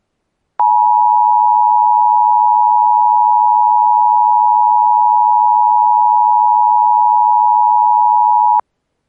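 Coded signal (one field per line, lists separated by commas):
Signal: Emergency Alert System (SAME) tones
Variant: 853 and 960 Hz attention tone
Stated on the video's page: Mock EAS scenario whose tones were made with an Audacity macro.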